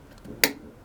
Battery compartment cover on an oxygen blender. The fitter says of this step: You should hear that click.